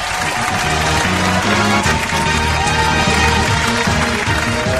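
A steady burst of applause for the winner of the day's Gamerdão contest, dense continuous clapping that holds at an even loudness for about five seconds, with a faint low tonal layer beneath it.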